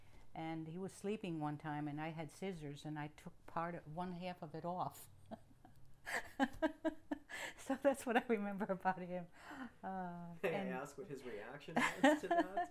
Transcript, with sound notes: And he was sleeping one time, and I had scissors, and I took part of, one half of it off. (she laughs) so that's what I remember about him.
May I ask what his reaction was to that?